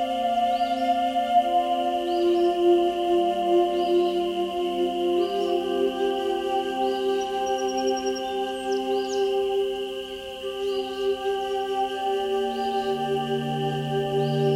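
A Native American flute plays long, sustained notes over steady, layered drone tones, with the melody shifting slowly and a softer dip near ten seconds. A low tone enters around twelve seconds. Faint, bright bird-like chirps recur every second or two above.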